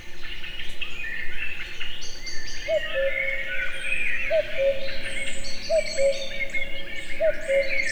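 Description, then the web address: Common cuckoo calling a low two-note cu-coo, falling in pitch, four times roughly every one and a half seconds over a busy chorus of twittering songbirds. Recorded in nature in a forest full of birdsong at Egerturistaház, Hungary. "kakukk premium sokhanguerdo egerturistahaz"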